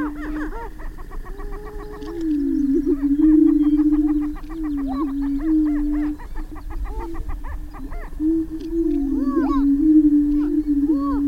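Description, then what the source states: Greater prairie chicken booming, a low wavering drone with bursts of fast clucking and a few whooping cackles over it. Greater prairie chickens booming, recorded 6 May 2005.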